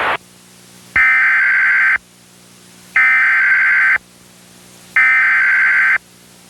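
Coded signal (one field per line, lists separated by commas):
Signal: Emergency Alert System (SAME) tones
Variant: header bursts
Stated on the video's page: Recreated EAS Severe Thunderstorm Warning with valid tones, as relayed by a cable provider near Fresno.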